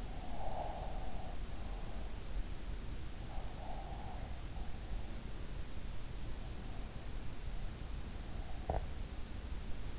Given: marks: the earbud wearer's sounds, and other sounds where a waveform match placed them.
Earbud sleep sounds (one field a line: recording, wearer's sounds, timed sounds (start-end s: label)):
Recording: sounds in sleep by an in-ear microphone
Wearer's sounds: breath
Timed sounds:
0.00-2.40 s: breath